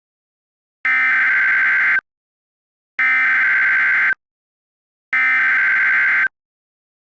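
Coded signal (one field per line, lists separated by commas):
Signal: Emergency Alert System (SAME) tones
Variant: header bursts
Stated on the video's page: Simulated flash flood alert with valid SAME tones, not a real activation.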